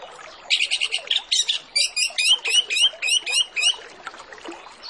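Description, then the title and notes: Orange-headed Thrush song: a fast chattering series of sharp, high notes for about three seconds over a hissing background. Lure song of full 'isian' filler notes, to prompt orange-headed thrushes to sing quickly and fully. "Masteran Anis Kembang Full Isian Untuk Suara Pancingan Anis Kembang Agar Cepat Ngeplong. Suara Burung Anis Kembang"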